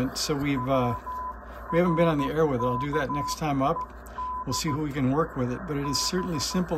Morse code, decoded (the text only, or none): WRKED B